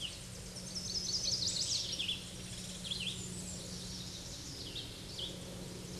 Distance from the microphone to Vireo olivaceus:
about 15 m